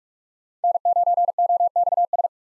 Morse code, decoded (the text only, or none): N9OXS